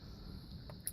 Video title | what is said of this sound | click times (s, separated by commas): 2002 Audi A4 (B6) Cupholder Replacement | so this goes in here like this just push it in you can hear it click | 0.9 s